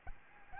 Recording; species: mosquito wingbeat signal from an infrared sensor; Aedes albopictus